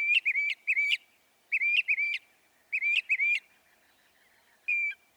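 Northern mockingbird song: clipped whistled phrases of two to four notes with sharp rising flicks, delivered in groups separated by short pauses.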